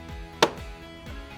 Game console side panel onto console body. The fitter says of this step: the opposite direction we did to remove and then you will be able to hear it click into place